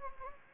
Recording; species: mosquito wingbeat signal from an infrared sensor; Anopheles gambiae